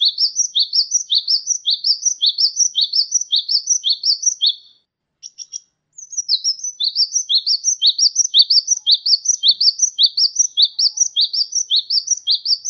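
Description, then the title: Sunbird chirping in a long, fast series of high, slurred squeaks, broken by a brief pause with a few clicks before the rapid run resumes. "kicau kolibri"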